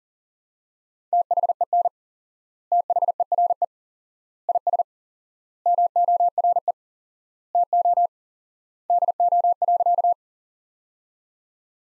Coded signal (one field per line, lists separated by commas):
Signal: Morse code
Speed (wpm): 37 wpm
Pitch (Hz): 700 Hz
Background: none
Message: THEN THERE IS MORE TO DO.